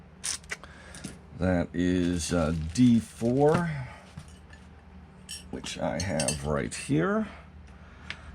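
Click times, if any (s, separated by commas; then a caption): 8.1 s. Someone talks while handling plastic part D4 of a Tamiya Buggyra Fat Fox Euro Truck RC race car kit, with a few faint ticks early on. The part is pressed into its place on the chassis, and a sharp, short click at 8.1 s marks it snapping in and seating.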